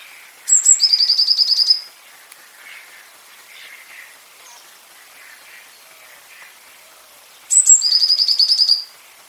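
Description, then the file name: Eurasian blue tit song: two phrases about seven seconds apart, each a high thin note followed by a quick buzzy trill, with soft faint chirps in between. "Cyanistes caeruleus"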